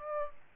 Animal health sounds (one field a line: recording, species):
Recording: mosquito wingbeat signal from an infrared sensor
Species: Aedes aegypti